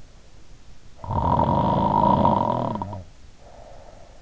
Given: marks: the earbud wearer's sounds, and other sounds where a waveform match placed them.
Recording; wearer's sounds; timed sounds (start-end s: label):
sounds in sleep by an in-ear microphone; snoring breath
0.71-4.18 s: snoring breath